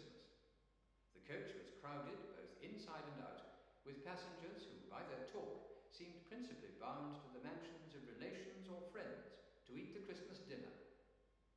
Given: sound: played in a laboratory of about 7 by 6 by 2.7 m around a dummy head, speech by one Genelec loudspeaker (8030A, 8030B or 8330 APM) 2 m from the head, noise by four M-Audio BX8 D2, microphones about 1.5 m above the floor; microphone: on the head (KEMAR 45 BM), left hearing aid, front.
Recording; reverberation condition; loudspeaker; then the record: male speech in English; high; 90 degrees to the left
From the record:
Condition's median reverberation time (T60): about 1300 ms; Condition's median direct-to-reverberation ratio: about -4.0 dB